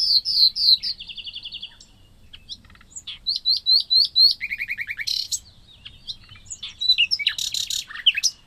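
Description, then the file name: Common nightingale song: rich varied phrases with fast repeated notes and trills, and sharp whistled bursts. "Luscinia megarhynchos"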